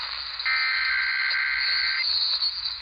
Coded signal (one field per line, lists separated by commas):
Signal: Emergency Alert System (SAME) tones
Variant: header bursts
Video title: Alerts of the Week: S1 Ep 3: Week of 8/30/21 (Old EAS 291-313)